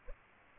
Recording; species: mosquito wingbeat signal from an infrared sensor; Aedes aegypti